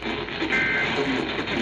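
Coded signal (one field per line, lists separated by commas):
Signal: Emergency Alert System (SAME) tones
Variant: end-of-message bursts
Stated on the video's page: Severe thunderstorm warnings received on a NOAA weather radio station and an FM station, using Midland WR-120EZ and Sangean CL-100 radios.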